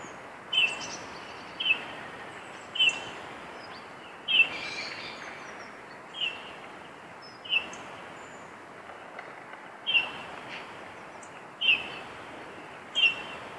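Eurasian bullfinch calls, soft piping single whistles repeated roughly every one to two and a half seconds, over a quiet hiss of background noise.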